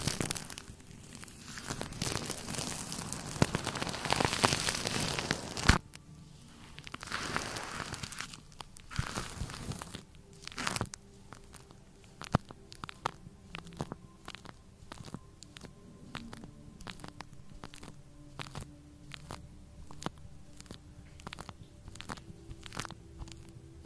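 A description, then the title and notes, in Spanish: Foam hisses and crackles densely for the first ten seconds, then breaks into sparse, regular fizzing pops with a faint low hum underneath. Sonido de espuma relajante para dormir.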